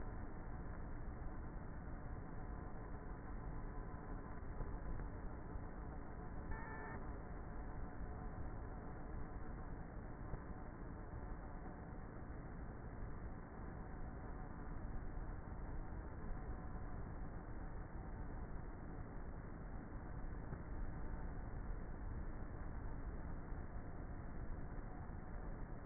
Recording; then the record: honeybee colony, microphone inside the hive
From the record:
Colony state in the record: queenless with a low population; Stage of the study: before two queens were removed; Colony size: about 30,000 bees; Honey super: no